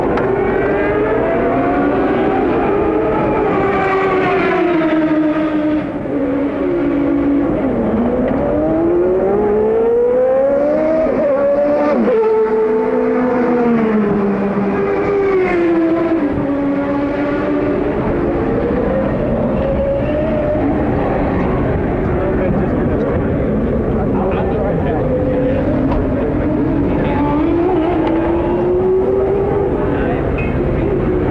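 IndyCar racing around a street circuit, with engine notes rising and falling continuously as cars accelerate, brake and pass. Several engines overlap throughout, their pitches sweeping up and down, over a steady low rumble. The sound stays loud and dense for the whole stretch.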